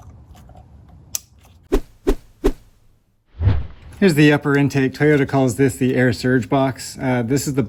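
A plastic wiring harness connector is plugged onto a fuel injector on a 2003 Toyota Highlander V6 during an intake gasket job, with a sharp, loud click at 1.2 s showing it has seated. A few duller knocks follow around 1.7 to 2.5 s, then after a short silence someone talks.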